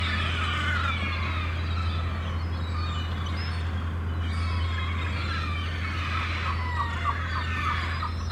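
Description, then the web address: Gulls calling, scattered wailing cries and short staccato yelps, over a constant low hum. Gulls at a harbour, described as crazy. "The Sound Pack Tree - Sonic Seaside - Crazy Harbor Seagulls"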